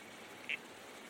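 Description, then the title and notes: Red-crowned toadlet giving a single short call note over a steady background hiss. Heard at night beside a creek. "Red-Crowned Toadlet. Nocturnal Worlds"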